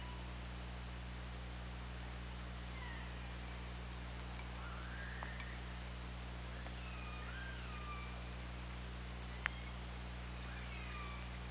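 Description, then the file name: Killer whale calls: scattered faint wavering pulsed calls, some overlapping, with occasional clicks against steady hydrophone hiss and hum. Recorded by OrcaLab hydrophone on 24 August 2017 at 20:52. "Orca Lab UTLN JASON 20170824 205203"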